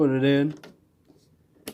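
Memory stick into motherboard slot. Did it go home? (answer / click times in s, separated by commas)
yes / 1.7 s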